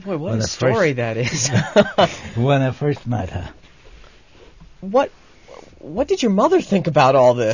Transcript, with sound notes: Boy, what a story that is. [Laughs]
When I first met her.
What did your mother think about all this?